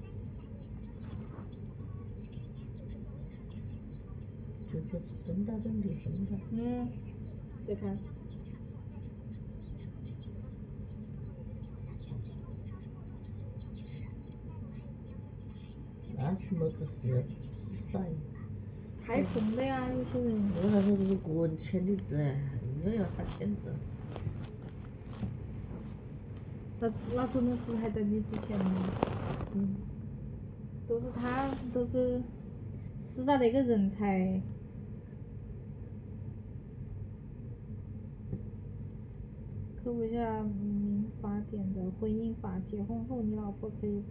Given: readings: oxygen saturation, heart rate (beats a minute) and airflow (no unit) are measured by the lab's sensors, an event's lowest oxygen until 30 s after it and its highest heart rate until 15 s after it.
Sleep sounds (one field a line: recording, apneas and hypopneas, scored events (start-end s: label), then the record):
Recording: a person awake in a sleep study, by a smartphone at the bedside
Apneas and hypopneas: none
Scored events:
0.00-44.11 s: awake
0.00-44.11 s: awake
From the record:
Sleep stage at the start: awake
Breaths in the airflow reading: 16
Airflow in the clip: -0.9 to 0.7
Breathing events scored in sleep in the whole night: 496 in 5.4 hours asleep